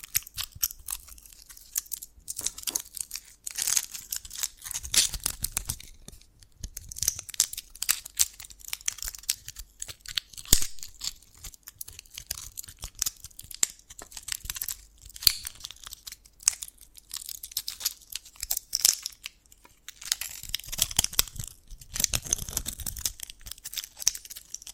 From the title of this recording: Dalgona Candy Challenge Tapping, Cracking Triggers